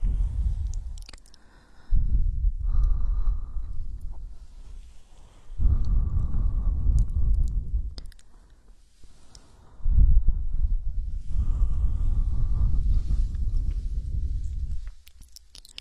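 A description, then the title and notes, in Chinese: Breathing and blowing into the ear, very close to the microphone. Long, rumbling puffs of air swell and fade roughly every three to four seconds, with a faint whistling tone riding on some and small clicks in the quiet gaps between them. 呼吸 吹耳朵。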